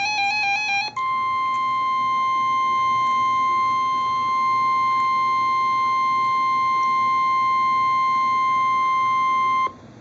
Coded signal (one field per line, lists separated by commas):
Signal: Emergency Alert System (SAME) tones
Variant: 1050 Hz attention tone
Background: music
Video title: Special Marine Warning (EAS #472)